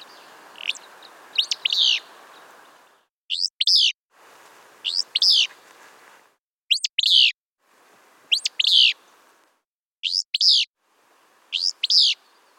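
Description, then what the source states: Willow flycatcher singing short, sharp, buzzy phrases every second or two, alternating between stretches with a low rumbling hiss and stretches of clean silence. Willow flycatcher song clips, each cleaned version immediately followed by its original recording, in a rapid A-B comparison of cleaning.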